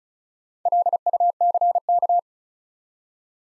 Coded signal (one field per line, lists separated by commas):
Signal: Morse code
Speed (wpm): 36 wpm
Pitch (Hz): 700 Hz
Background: none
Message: LUCK